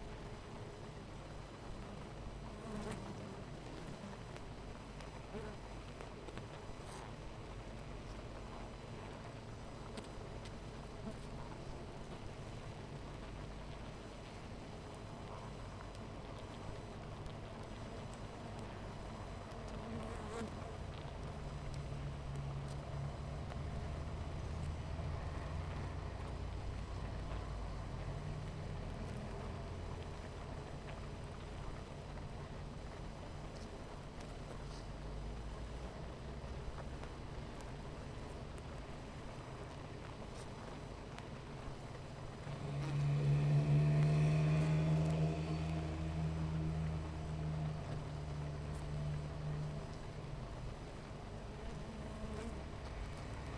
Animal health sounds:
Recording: honeybee colony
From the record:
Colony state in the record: missing queen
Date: 14 July 2017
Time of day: 9:46

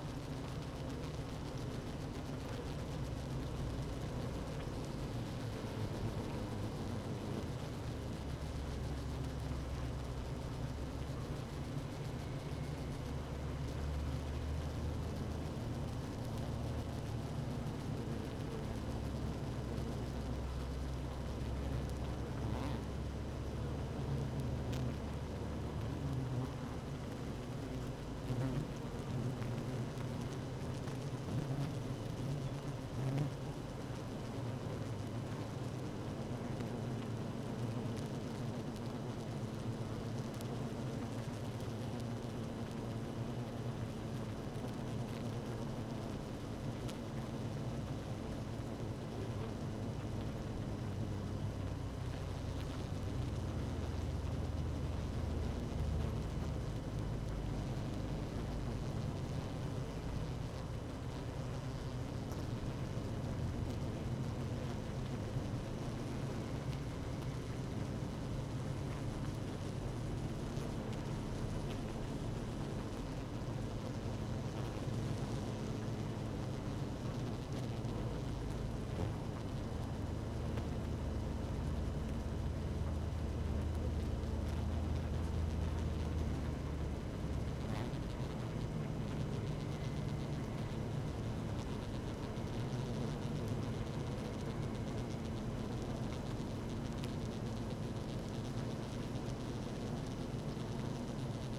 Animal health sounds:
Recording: honeybee colony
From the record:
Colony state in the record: active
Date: 12 June 2018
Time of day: 16:12

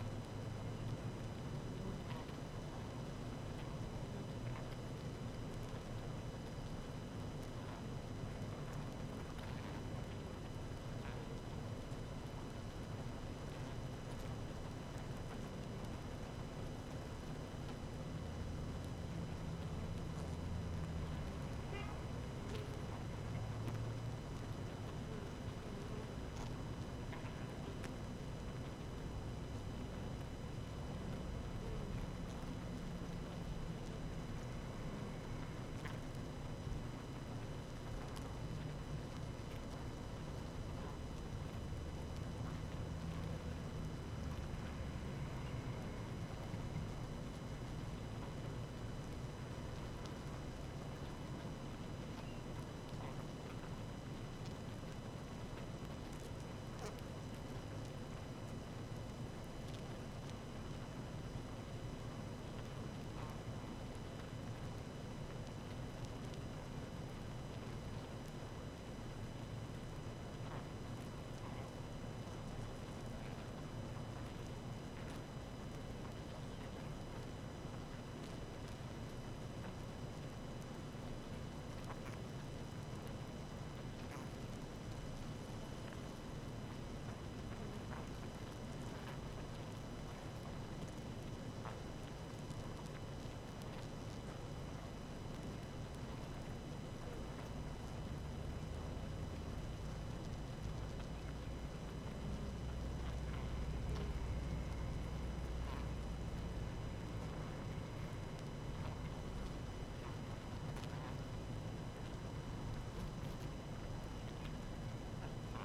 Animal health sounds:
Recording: honeybee colony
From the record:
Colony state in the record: active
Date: 12 June 2018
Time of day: 18:13

